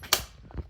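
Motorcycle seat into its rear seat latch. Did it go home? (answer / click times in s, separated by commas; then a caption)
yes / 0.1 s. After a tail tidy/fender eliminator install on a 2025 Kawasaki Ninja 650, the motorcycle seat is slid back and pushed down into its rear seat latch. It gives one sharp, loud snap at 0.1 s, followed by a few faint, soft knocks. The seat is seated and latched.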